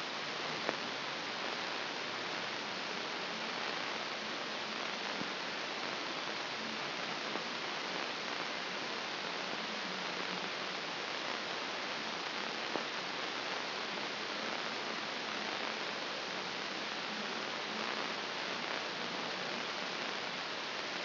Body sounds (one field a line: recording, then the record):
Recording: brain microelectrode recording played as sound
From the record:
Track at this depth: inside the subthalamic nucleus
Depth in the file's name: 4.916 mm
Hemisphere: left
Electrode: 2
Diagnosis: Parkinson's disease